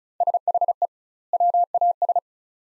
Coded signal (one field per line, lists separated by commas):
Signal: Morse code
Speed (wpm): 36 wpm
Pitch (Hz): 700 Hz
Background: none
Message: SHE WAS